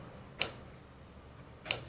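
A DDR4 memory module is pressed into slot A1 of a Dell PowerEdge R440 server motherboard. Two sharp latch clicks sound at 0.4 s and 1.7 s over a low background hiss, and both retention latches snap closed, showing the module is fully seated.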